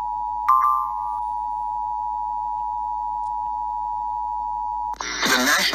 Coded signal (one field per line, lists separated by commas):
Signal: Emergency Alert System (SAME) tones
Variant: 853 and 960 Hz attention tone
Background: speech